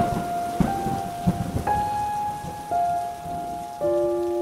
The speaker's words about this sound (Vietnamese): Bên ngoài, mưa bắt đầu rơi như trút nước, sấm chớp đi đùng kéo đến, không ngừng xé toạc bầu trời đêm ra thành nhiều mảnh.